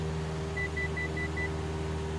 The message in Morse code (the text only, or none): none